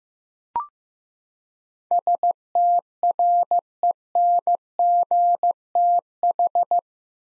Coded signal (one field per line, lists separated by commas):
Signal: Morse code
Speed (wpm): 15 wpm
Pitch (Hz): 700 Hz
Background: none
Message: STRENGTH